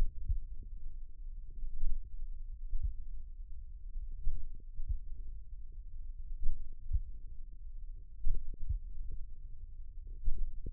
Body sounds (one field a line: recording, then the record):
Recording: forearm muscle sounds (acoustic myography)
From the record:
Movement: finger pinch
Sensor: system 1, eight BSWA MPA416 microphones around the upper forearm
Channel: 6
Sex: male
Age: 54 years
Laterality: right